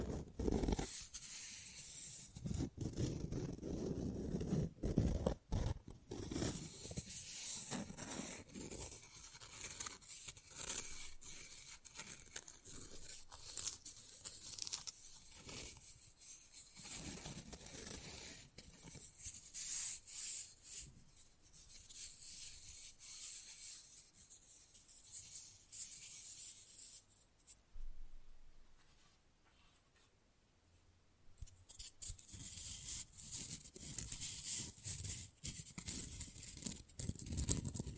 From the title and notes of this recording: ASMR Manicure Session Fast & Rough Nail Filing + Tapping (No Talking).